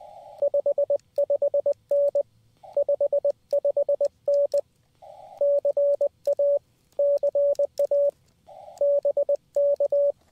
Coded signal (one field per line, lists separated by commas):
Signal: Morse code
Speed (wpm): 20 wpm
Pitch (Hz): 570 Hz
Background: radio noise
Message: 55N 55N CA CA BK